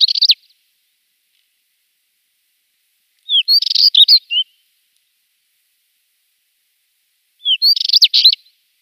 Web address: Schulze Peter Spectacled Warbler song